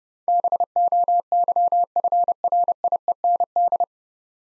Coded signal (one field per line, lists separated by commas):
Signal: Morse code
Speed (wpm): 28 wpm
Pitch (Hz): 700 Hz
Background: none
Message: BOYFRIEND